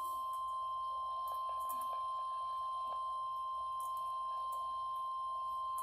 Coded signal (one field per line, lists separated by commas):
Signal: Emergency Alert System (SAME) tones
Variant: 1050 Hz attention tone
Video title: EAS Alert #063. Severe Thunderstorm Warning.